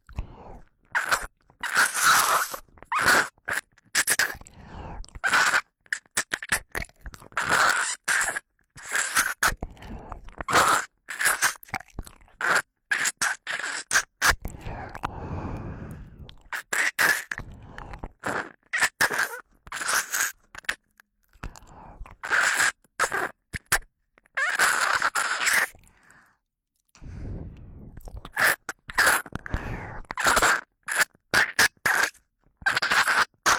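Ear-sucking sounds come in quick wet crackling bursts and scrapes with short silent breaks between them. The clicks and smacks sound bright and crisp, and a few softer, duller rustling passages turn up around the middle and again near 27 seconds.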